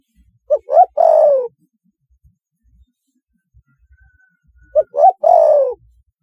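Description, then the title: Spotted dove calling twice, each phrase a pair of quick hooting notes followed by a long, slightly falling coo; a faint thin whistle between phrases. "Tekukur"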